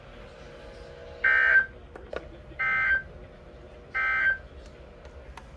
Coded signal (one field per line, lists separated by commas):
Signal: Emergency Alert System (SAME) tones